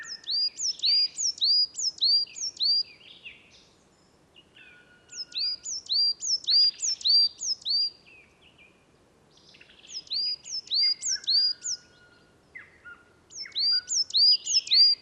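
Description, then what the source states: Coal Tit singing bursts of quick, sparkling high double notes, four phrases separated by short pauses, with softer twittering notes between them. Song at dusk, about 18:30, Valdrôme forest, 20 March 2019, air cooling; like Great Tit's song but more sparkling and finer; recorded with Wildtronic parabola, MKH8020 microphone, MixPre-3.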